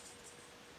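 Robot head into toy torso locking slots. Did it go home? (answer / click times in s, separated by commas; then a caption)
no / none. The head of a plastic transforming robot toy is pushed up toward the top of the torso, where two locking spots on the edges will hold it. Only faint, steady low-level noise is heard, with no distinct sounds. Nothing has seated or clicked yet.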